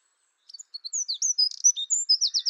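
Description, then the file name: Eurasian wren song, a rapid burst of very high, sharp twittering notes that speeds into a fast rattling trill at the end, loud and continuous. "Troglodytes troglodytes"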